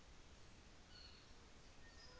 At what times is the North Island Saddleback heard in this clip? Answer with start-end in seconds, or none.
none